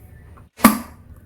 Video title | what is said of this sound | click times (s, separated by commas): Miele TRIFlex HX2 PRO vacuum Review | and then click this down till you hear the click | 0.7 s